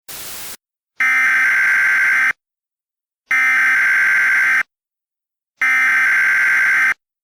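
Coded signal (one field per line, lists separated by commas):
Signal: Emergency Alert System (SAME) tones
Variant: header bursts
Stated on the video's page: Mock EAS alert, not a real one.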